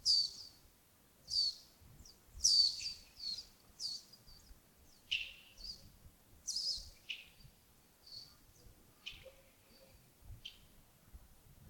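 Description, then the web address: Bird calls: a steady series of high, sharp chips and squeaky notes, repeated roughly every second, loud and soft mixed, with little other sound. Birds recorded in early morning at Yagongding (亚公顶), 28 December 2025, around 07:40. "2025-12-28 亚公顶清晨 251228 074040 birds"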